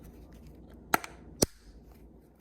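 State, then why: Seated. Two sharp plastic clicks, at 0.9 s and 1.4 s, are heard as the two plastic halves of a 2011 to 2019 Ford and Lincoln smart key remote case are pressed together over a new coin battery until they snap shut. A faint tick follows the first click, with a quiet background otherwise. The case is seated, with everything in place.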